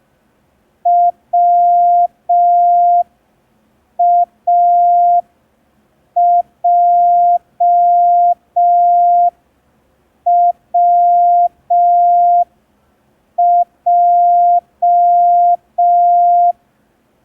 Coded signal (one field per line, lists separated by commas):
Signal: Morse code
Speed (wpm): 5 wpm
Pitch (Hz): 700 Hz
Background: none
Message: WAJWJ